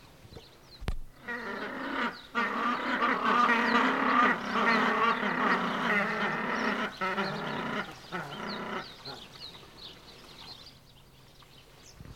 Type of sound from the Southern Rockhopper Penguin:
call